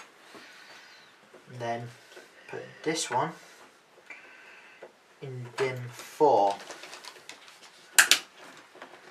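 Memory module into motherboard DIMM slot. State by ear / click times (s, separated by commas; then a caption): seated / 8.0 s, 8.1 s. Someone talks while a second memory module (RAM stick) is pushed into its DIMM slot on a motherboard. Two loud snaps from the retention clips come at 8.0 s and 8.1 s. The module latches home and is seated, locked in place.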